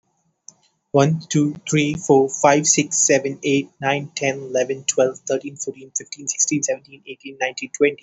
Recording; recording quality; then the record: counting at a fast pace; excellent, no background noise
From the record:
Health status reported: healthy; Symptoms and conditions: none ticked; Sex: male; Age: 19 years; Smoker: not ticked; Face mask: not worn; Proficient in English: yes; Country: India